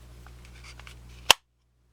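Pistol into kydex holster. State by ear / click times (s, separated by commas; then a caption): seated / 1.3 s. A pistol is pushed down into a Kydex inside-the-waistband holster, with faint rustling before a single sharp snap at 1.3 s as the retention catches, followed by silence. The pistol is seated with a good, firm snap, the retention having been adjusted to preference, and the trigger guard is completely covered.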